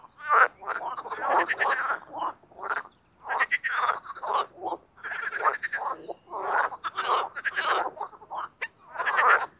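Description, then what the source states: Marsh frogs calling in a lively chorus of loud pulsed rattles and laughing trills in repeated bursts, with several frogs overlapping. Spring mating chorus in an artificial pond created for water activities at Parc Chédeville, Oise; after a cold night.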